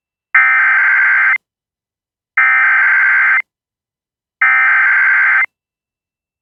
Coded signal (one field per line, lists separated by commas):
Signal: Emergency Alert System (SAME) tones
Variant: header bursts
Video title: An Unexpected Goodbye Wave from Helene... EAS 154